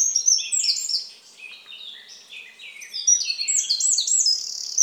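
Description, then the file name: Eurasian wren song: rapid, high, buzzy trills and twittering phrases tumbling up and down, growing quieter midway before a second loud burst. "Troglodytes troglodytes"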